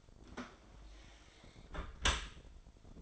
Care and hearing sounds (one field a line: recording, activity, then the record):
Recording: daily activity, microphone in the room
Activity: close dishwasher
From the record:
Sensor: 5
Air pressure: 1003.3 hPa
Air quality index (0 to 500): 130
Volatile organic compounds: 1 ppm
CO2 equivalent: 948 ppm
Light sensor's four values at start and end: 126/309/127/149 and 114/279/116/133